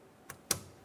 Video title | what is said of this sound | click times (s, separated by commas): How to Replace Fuel Tank Filler Neck 2000-2006 Chevrolet Tahoe | take that and put it in position press it in until you hear a click | 0.3 s, 0.5 s